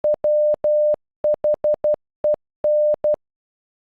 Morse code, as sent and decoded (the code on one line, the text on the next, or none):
.-- .... . -.
WHEN